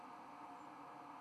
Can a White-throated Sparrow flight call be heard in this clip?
yes